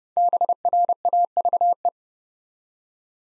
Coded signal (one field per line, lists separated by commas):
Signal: Morse code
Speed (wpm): 30 wpm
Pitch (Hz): 700 Hz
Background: none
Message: BRAVE